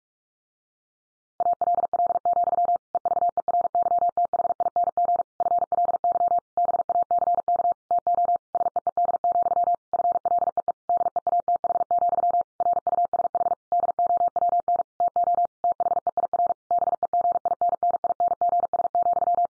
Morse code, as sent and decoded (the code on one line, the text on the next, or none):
.- .-.. .-.. --..-- / . ...- . .-. -.-- - .... .. -. --. / ..-. .-.. -.-- / -... .- -.-. -.- / - --- / ... . . -.. --..-- / ..-. .-.. . . / -.. . .- - .... --..-- / .-. ..- ... .... / -.. --- .-- -. / - --- / - .... . .. .-. / -... . --. .. -. -. .. -. --. ... --..--
ALL, EVERYTHING FLY BACK TO SEED, FLEE DEATH, RUSH DOWN TO THEIR BEGINNINGS,